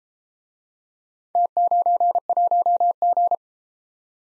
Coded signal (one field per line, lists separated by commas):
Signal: Morse code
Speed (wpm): 33 wpm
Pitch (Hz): 700 Hz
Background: none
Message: T91G